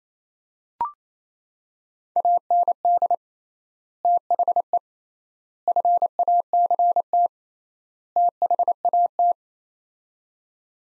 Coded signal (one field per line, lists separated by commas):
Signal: Morse code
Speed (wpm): 28 wpm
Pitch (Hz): 700 Hz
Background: none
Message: AND THE FACT THAT